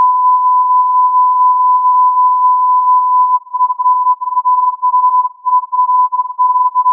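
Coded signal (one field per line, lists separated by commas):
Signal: radio time signal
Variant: Beta (RJH69)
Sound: a steady pure tone near 1 kHz that later flutters and briefly drops out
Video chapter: 00:06 : Unmodulated carrier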